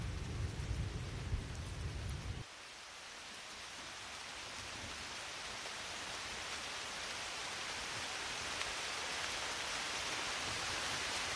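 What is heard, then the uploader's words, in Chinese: Soft rain falls against a window as a steady, dense hiss. For the first two seconds a deep rumble sits underneath, then cuts off abruptly, leaving only the bright, even patter, which slowly swells a little louder toward the end. 夜雨轻雷。柔和的雨滴轻轻敲击窗棂，远处传来阵阵雷鸣声。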